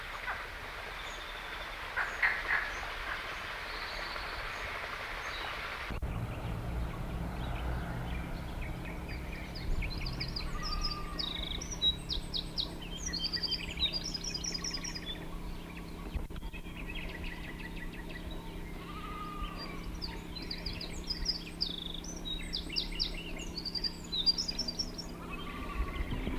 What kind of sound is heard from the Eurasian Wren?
song